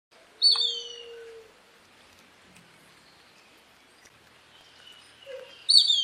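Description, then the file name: Plumbeous kite call, a thin high whistle that slides steeply downward, given once near the start and again at the end. "Canto do Sovi"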